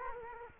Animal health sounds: mosquito wingbeat signal from an infrared sensor; Culex quinquefasciatus

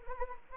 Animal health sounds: mosquito wingbeat signal from an infrared sensor; Anopheles arabiensis

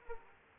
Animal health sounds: mosquito wingbeat signal from an infrared sensor; Culex pipiens

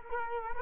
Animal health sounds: mosquito wingbeat signal from an infrared sensor; Culex quinquefasciatus

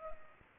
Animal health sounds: mosquito wingbeat signal from an infrared sensor; Culex pipiens

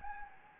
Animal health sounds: mosquito wingbeat signal from an infrared sensor; Anopheles gambiae

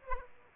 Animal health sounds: mosquito wingbeat signal from an infrared sensor; Aedes aegypti

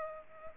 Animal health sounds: mosquito wingbeat signal from an infrared sensor; Culex pipiens

